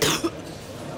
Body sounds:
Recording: coughing mixed with background sound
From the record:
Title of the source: Wet coughing

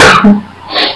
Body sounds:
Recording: coughing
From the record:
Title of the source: Barking cough - # 10

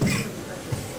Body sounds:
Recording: coughing mixed with background sound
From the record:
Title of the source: Mid-morning Winter Coughing Fit

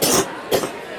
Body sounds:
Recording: coughing mixed with background sound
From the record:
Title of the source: 34 coughing up crap again

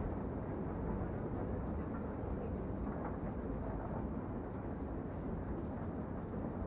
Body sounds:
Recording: background sound without coughing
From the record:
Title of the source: Train Ride Ambience ambient white noise for sleeping, focus, studying, reading

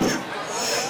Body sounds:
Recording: coughing mixed with background sound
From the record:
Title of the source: Spring Cold Coughing 3

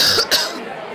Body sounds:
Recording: coughing mixed with background sound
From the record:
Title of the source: November cold (wet coughing)

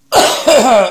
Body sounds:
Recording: coughing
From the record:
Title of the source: Spring Allergy Coughing

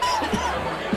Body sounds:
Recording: coughing mixed with background sound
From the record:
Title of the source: Dry Coughing Fit in the Afternoon.

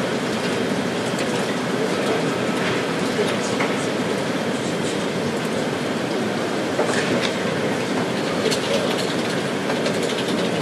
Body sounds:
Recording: background sound without coughing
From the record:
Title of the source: Office Sounds Ambience - Background Noise for Study and Work

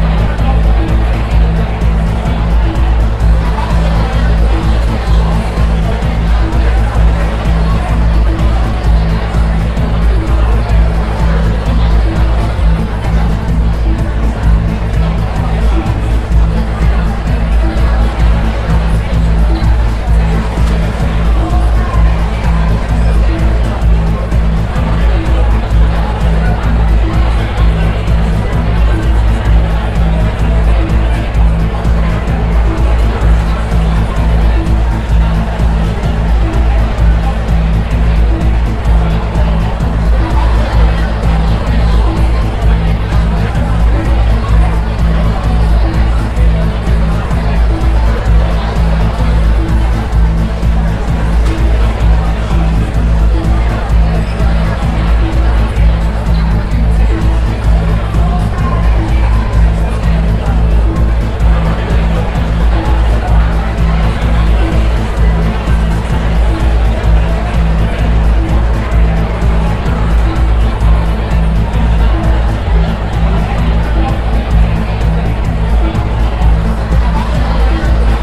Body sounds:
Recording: background sound without coughing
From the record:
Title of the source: Party Noise 1 Hour Party Ambience

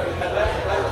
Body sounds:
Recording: background sound without coughing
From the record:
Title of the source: CITY SOUNDS Busy Bar in the Evening Night - 2 HOURS of Ambiance for Relaxation

